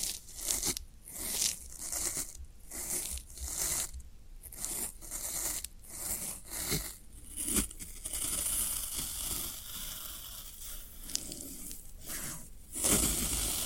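Floral foam being worked, giving bursts of dry, crumbly scraping and tearing with a bright hiss. The strokes come in uneven pulses about every half second for the first eight seconds, then blur into a denser, steadier rasp before a louder final burst.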